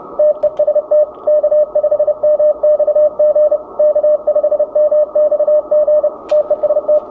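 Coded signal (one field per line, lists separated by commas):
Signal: Morse code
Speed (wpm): 30 wpm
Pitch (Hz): 600 Hz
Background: radio noise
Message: TEST K5MXG K5MXG TEST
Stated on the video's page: Morse heard during the CQ Worldwide DX CW contest on an Icom IC-7300 with a Chameleon MPAS antenna.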